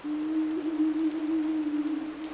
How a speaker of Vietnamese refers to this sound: Mặc dù là buổi sáng nhưng ngoài trời vẫn âm u. Trong căn nhà cấp 4, mọi thứ vẫn tĩnh lặng một cách kỳ lạ, ngoài tiếng mưa rơi còn vang lên đều đều.